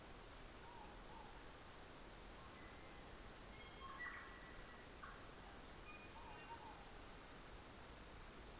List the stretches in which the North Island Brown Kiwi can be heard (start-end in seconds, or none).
none